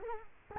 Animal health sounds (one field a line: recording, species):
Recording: mosquito wingbeat signal from an infrared sensor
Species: Culex quinquefasciatus